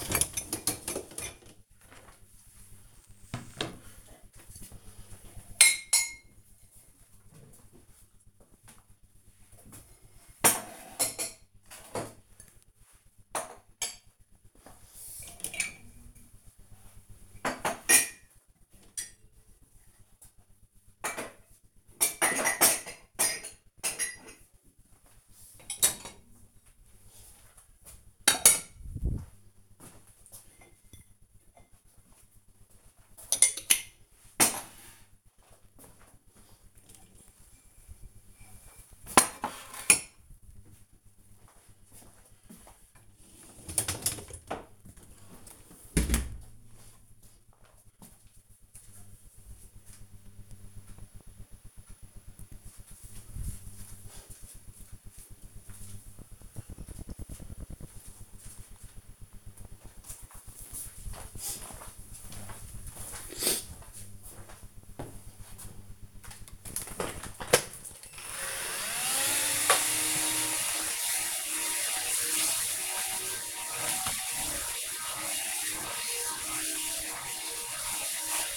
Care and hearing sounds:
household activities, microphone on the right wrist
0.00-45.97 s: cleaning out the dishwasher
66.08-78.57 s: vacuum cleaning

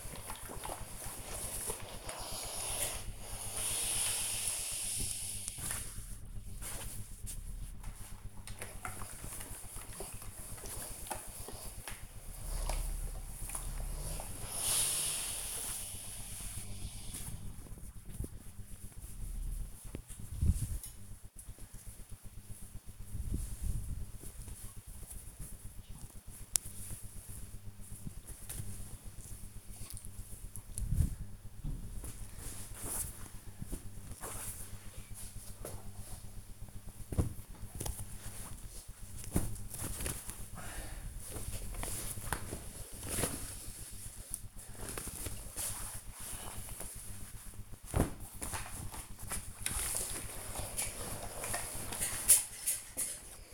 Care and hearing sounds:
household activities, microphone on the right wrist
0.00-42.82 s: ironing laundry
49.86-53.54 s: ironing laundry

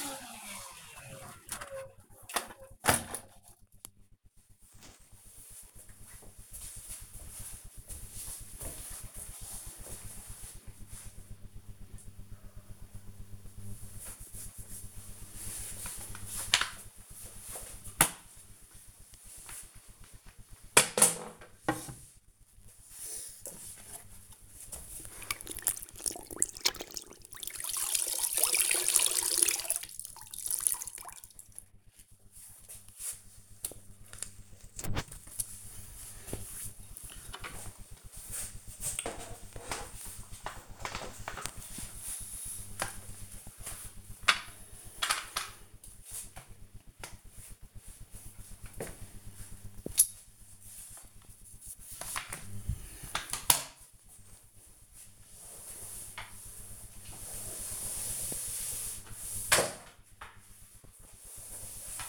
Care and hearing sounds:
household activities, microphone on the right wrist
13.54-62.09 s: floor cleaning

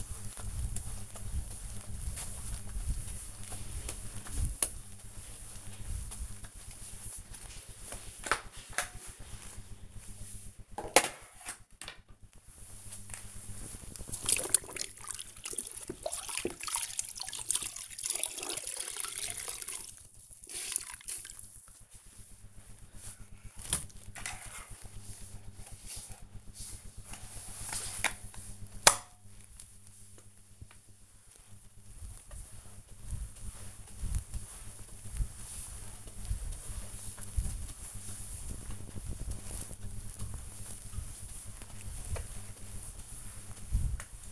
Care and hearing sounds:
household activities, microphone on the right wrist
0.00-44.32 s: floor cleaning

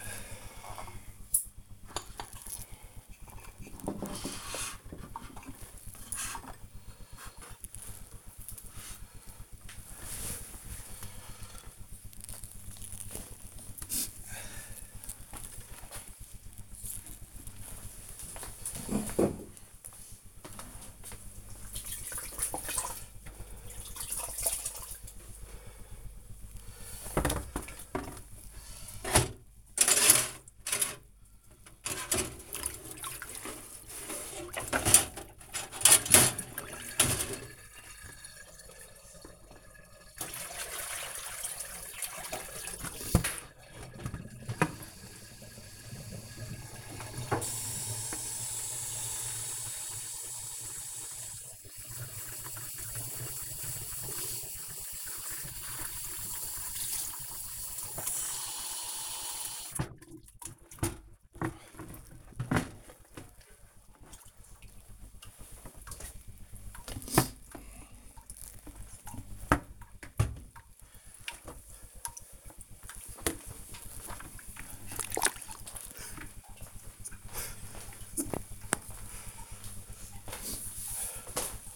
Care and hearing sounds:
household activities, microphone on the right wrist
0.00-23.41 s: cleaning the cupboard
49.62-72.79 s: refill bucket

